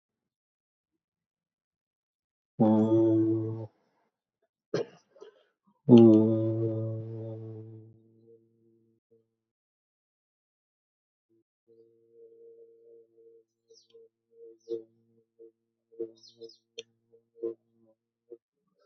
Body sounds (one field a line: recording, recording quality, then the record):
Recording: sustained vowel as in boot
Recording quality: excellent, no background noise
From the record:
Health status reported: healthy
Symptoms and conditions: none ticked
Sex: male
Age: 60 years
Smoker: not ticked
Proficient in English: yes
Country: India